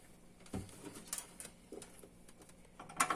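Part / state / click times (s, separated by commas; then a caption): SATA data cable into motherboard SATA port / not seated / none. A SATA data cable plug is pushed against a motherboard SATA port but will not go in, giving a few faint plastic taps and scrapes, the loudest at 3.0 seconds. Nothing has seated or clicked yet.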